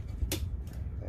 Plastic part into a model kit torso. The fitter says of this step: you go you hear a snap so